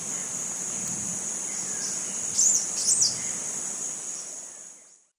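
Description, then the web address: Yellow-bellied dacnis song: two very high, thin, squiggly notes about half a second apart, over a steady high insect drone. South America, eastern lowlands. "Natures Songs S America Eastern Lowlands Yellow-bellied Dacnis"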